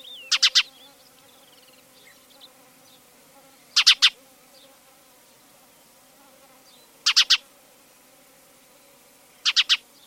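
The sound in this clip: Spanish sparrow calls: rasping triple chirps repeated about every three seconds over a quiet background.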